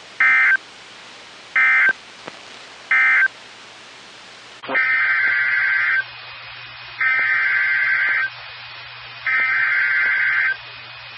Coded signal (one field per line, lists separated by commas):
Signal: Emergency Alert System (SAME) tones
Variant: header bursts